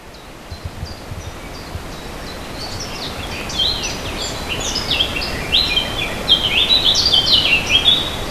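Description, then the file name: Warbler song: soft scattered high chips at first, then from about three seconds a rapid, scratchy warbling phrase of quick high notes, over steady background hiss. "fauvette"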